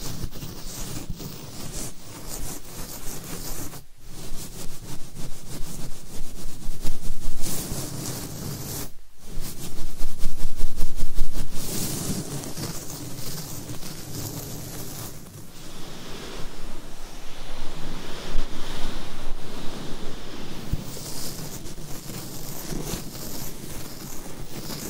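Mic scratching fills the whole 25 seconds with a dense, rough rubbing hiss that keeps shifting in texture. It swells louder around 9 to 12 seconds and again near 17 to 21, with brief near-silent gaps at about 4 and 9 seconds.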